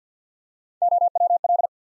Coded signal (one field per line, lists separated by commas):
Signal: Morse code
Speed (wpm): 47 wpm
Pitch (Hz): 700 Hz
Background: none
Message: OWL